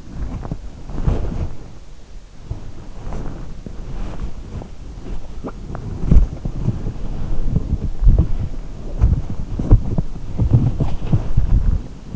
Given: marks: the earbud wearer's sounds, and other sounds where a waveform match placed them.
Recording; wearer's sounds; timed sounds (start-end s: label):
sounds in sleep by an in-ear microphone; body movement
0.00-12.16 s: body movement